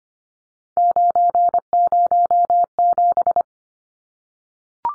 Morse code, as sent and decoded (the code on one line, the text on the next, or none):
----. ----- --...
907